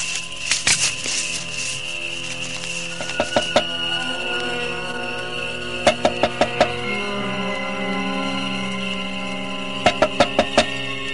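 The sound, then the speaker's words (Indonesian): Sharp knocks on a door by an old beggar from Kalipucang come in several bursts of three or four quick raps, separated by pauses, over a steady humming background with no one speaking. “Adakah orang di dalam? Wah, bukalah pintu.”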